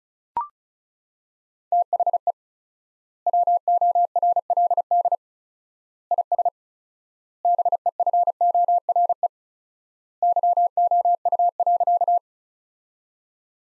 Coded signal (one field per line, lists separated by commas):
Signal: Morse code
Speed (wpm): 34 wpm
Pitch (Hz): 700 Hz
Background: none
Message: THE WORLD IS BEFORE YOU.